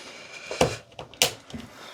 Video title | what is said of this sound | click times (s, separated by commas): OWEN'S BUDGET $900 PC | oh yep I heard a click that looks good you get a high five for that | 1.2 s